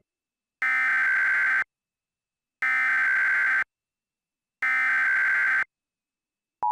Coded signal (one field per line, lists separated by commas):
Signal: Emergency Alert System (SAME) tones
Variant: header bursts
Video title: What if NWS Relayed an EAN on Nov 9, 2011? | EAS What if #3